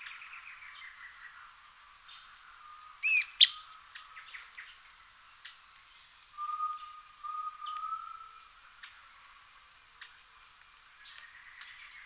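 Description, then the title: Bird singing a varied phrase of sharp chips, short trills and slurred whistled notes, with a longer, slightly rising whistle in the middle. "LuckyPassaro Completos2Sama"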